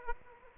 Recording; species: mosquito wingbeat signal from an infrared sensor; Aedes aegypti